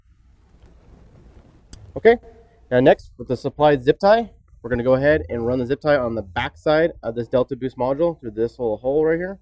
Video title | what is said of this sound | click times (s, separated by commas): 2010-18 3.5L Ford EcoBoost Engines - Delta Boost Performance Tuner | Make sure you hear this click into place also. | 1.7 s